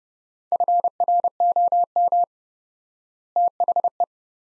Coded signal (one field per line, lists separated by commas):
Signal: Morse code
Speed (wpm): 29 wpm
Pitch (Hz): 700 Hz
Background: none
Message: FROM THE